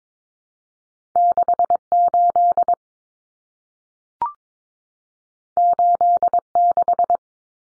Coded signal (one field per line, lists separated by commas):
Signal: Morse code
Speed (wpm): 22 wpm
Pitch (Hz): 700 Hz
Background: none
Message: 68 86